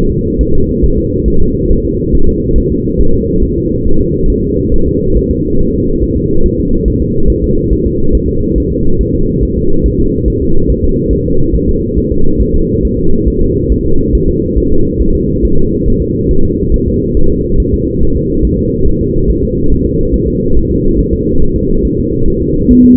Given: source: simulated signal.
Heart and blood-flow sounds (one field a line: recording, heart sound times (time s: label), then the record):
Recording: fetal heart sounds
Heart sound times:
0.12 s: S2
0.41 s: S1
0.55 s: S2
0.84 s: S1
0.98 s: S2
1.28 s: S1
1.42 s: S2
1.71 s: S1
1.85 s: S2
2.15 s: S1
2.29 s: S2
2.58 s: S1
2.72 s: S2
3.00 s: S1
3.14 s: S2
3.44 s: S1
3.57 s: S2
3.87 s: S1
4.01 s: S2
4.30 s: S1
4.44 s: S2
4.74 s: S1
4.88 s: S2
5.17 s: S1
5.31 s: S2
5.61 s: S1
5.75 s: S2
6.03 s: S1
6.17 s: S2
6.46 s: S1
6.60 s: S2
6.88 s: S1
7.02 s: S2
7.30 s: S1
7.44 s: S2
7.72 s: S1
7.87 s: S2
8.15 s: S1
8.29 s: S2
8.58 s: S1
8.72 s: S2
9.01 s: S1
9.15 s: S2
9.43 s: S1
9.57 s: S2
9.86 s: S1
10.00 s: S2
10.28 s: S1
10.42 s: S2
10.70 s: S1
10.84 s: S2
11.13 s: S1
11.27 s: S2
11.55 s: S1
11.69 s: S2
11.98 s: S1
12.12 s: S2
12.42 s: S1
12.56 s: S2
12.85 s: S1
12.99 s: S2
13.28 s: S1
13.42 s: S2
13.72 s: S1
13.86 s: S2
14.15 s: S1
14.29 s: S2
14.58 s: S1
14.72 s: S2
15.01 s: S1
15.15 s: S2
15.45 s: S1
15.59 s: S2
15.88 s: S1
16.02 s: S2
16.31 s: S1
16.45 s: S2
16.74 s: S1
16.88 s: S2
17.17 s: S1
17.31 s: S2
17.60 s: S1
17.74 s: S2
18.03 s: S1
18.17 s: S2
18.45 s: S1
18.59 s: S2
18.87 s: S1
19.01 s: S2
19.30 s: S1
19.44 s: S2
19.72 s: S1
19.86 s: S2
20.14 s: S1
20.28 s: S2
20.57 s: S1
20.71 s: S2
20.99 s: S1
21.13 s: S2
21.42 s: S1
21.56 s: S2
21.85 s: S1
21.99 s: S2
22.28 s: S1
22.42 s: S2
22.71 s: S1
22.85 s: S2
From the record:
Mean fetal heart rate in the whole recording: 140 bpm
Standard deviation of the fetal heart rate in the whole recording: 2 bpm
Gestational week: 34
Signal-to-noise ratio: -19.1 dB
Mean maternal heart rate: 72 bpm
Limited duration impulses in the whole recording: present